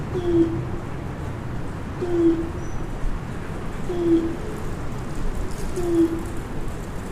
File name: malayan night heron